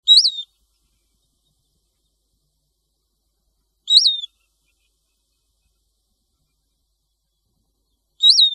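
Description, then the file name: European ground squirrel giving short sharp whistles, three calls spaced about four seconds apart, each a quick rising then falling note, silence in between. "suslik"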